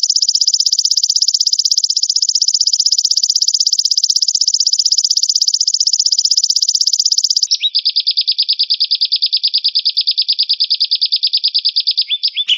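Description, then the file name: Lovebird trilling continuously in a very rapid, high, buzzy rattle, holding one pitch for several seconds before dropping slightly lower and carrying on. Long continuous trilling, called "ngekek panjang", used for training a lovebird. "melatih lb ngekekpanjang"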